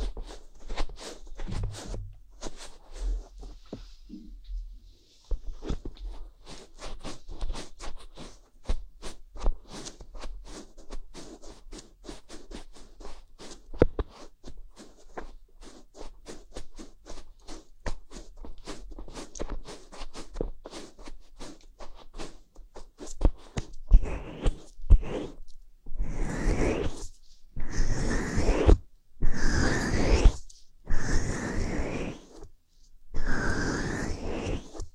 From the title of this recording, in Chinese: 梵天掏耳